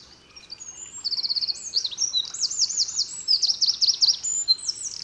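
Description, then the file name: Eurasian wren singing a loud, high, fast warbling outpouring with buzzy trills and sweeping notes, delivered almost without pause for several seconds. "Troglodytes troglodytes"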